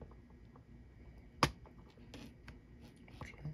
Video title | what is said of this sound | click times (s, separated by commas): Testing the Dig Octa System with the HC Power Board By Quin LED using WLED | usually the little click means it's on | 1.4 s